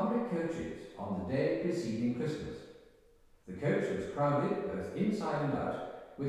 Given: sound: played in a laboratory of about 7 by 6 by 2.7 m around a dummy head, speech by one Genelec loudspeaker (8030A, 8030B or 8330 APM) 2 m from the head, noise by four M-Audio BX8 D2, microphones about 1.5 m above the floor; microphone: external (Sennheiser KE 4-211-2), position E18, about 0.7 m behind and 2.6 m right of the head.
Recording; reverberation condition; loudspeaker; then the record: male speech in English; high; 60 degrees to the right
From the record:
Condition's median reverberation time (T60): about 1300 ms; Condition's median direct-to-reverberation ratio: about -4.0 dB